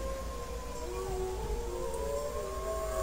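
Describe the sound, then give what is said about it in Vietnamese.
The leader of a wolf pack raises its head toward a bright moon and howls in a long, unbroken mid-pitched tone that slowly bends up and down, with overlapping wavering notes holding steady in loudness throughout, and no one speaking. “Hồi lâu sau, vị vương giả của loài sói nheo mắt nhìn Trác Mộc Cường Ba, ánh mắt lộ vẻ công nhận, đoạn ngẩng đầu hướng về vầng trăng sáng vằng vặc và chu lên một tiếng dài.”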